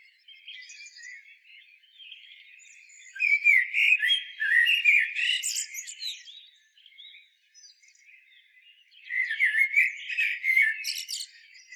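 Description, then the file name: Common blackbird singing two separate phrases. Each starts with low fluty warbling and ends in a thin, high twittering flourish, with a quiet gap between them. "Turdus merula"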